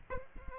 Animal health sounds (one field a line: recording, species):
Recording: mosquito wingbeat signal from an infrared sensor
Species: Aedes aegypti